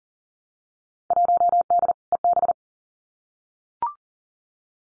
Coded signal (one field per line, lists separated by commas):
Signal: Morse code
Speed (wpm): 40 wpm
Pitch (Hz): 700 Hz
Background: none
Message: 1D EB